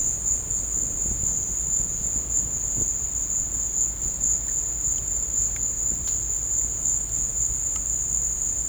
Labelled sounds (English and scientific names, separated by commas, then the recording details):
none
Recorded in dense forest near Puerto Asís, Putumayo, Colombia, on 20 December 2024 at 14:00
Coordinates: 0.481, -76.323
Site G100